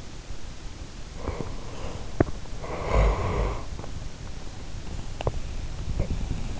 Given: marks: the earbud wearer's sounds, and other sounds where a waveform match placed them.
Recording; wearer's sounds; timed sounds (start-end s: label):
sounds in sleep by an in-ear microphone; swallowing, teeth grinding, snoring breath
1.05-1.69 s: swallowing
2.12-2.34 s: teeth grinding
3.03-3.80 s: snoring breath
5.07-5.47 s: swallowing